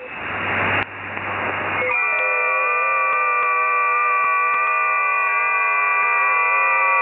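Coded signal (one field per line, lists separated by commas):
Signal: FT8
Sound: brief hiss, then many overlapping steady warbling tones forming a dense chord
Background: radio static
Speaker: I tuned to 10 meters FT8. Here are the results. They are mainly amateurs from Europe. I also see a few stations from Brazil.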